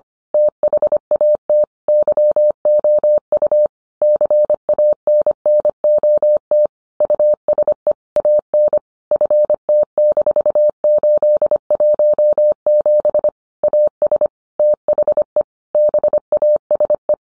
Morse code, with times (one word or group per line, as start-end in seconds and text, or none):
0.3-1.6 THAT
1.9-3.7 YOU
4.0-6.7 CANNOT
7.0-7.9 USE
8.2-8.8 AN
9.1-13.3 FT-817
13.6-14.3 AS
14.6-15.4 THE
15.8-17.1 BASE